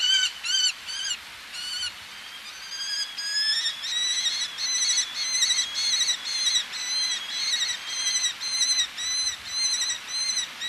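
Eleonora's falcon calls, spaced grating notes at first, then a long rhythmic series of harsh nasal calls repeated roughly twice a second.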